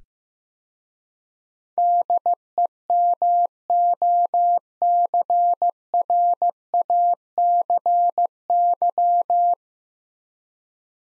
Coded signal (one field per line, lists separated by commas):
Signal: Morse code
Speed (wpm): 16 wpm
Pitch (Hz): 700 Hz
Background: none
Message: DEMOCRACY